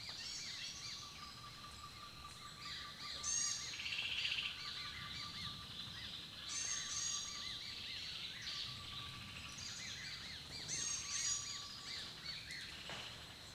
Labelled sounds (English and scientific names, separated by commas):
Green-headed Sunbird (Cyanomitra verticalis)